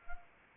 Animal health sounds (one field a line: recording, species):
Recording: mosquito wingbeat signal from an infrared sensor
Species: Anopheles arabiensis